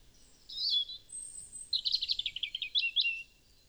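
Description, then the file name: European robin sings a high thin whistle, then a fast run of rippling, evenly repeated notes ending in a couple of squeaky flourishes. "Erithacus rubecula"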